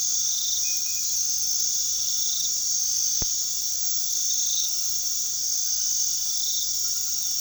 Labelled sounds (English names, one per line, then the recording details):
none
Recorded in pastures near Puerto Asís, Putumayo, Colombia, on 20 February 2024 at 23:00
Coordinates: 0.468, -76.328
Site G6414